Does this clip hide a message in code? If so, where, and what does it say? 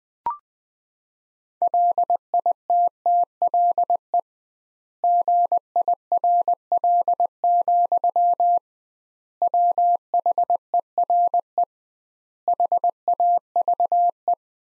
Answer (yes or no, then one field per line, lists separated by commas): yes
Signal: Morse code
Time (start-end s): 1.6-14.3 s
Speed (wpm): 20 wpm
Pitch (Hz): 700 Hz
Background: none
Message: LITTLE GIRL, WHERE HAVE